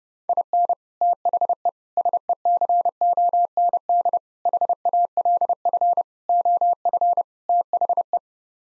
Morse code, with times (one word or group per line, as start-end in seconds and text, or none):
0.3-0.7 IN
1.0-1.7 THE
2.0-4.2 SECOND
4.5-6.0 HALF
6.3-7.2 OF
7.5-8.2 THE